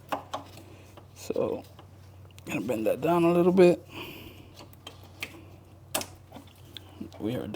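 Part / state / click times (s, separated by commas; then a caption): oxygen sensor connector into vehicle wiring harness plug / seated / 6.0 s. Someone talks while pushing the downstream oxygen sensor's plastic wiring connector into its mating harness plug in the vehicle, with its clip facing the battery. A sharp click is heard at 5.9 s, and the connector is confirmed seated.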